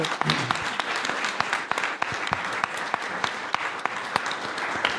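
An audience applauds steadily in thanks to Aurélien, many hands clapping in a dense, continuous patter with sharp individual claps popping out, holding a fairly even loudness throughout.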